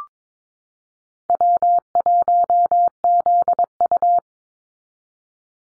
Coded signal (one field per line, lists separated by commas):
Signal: Morse code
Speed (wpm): 22 wpm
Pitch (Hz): 700 Hz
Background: none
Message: W1ZU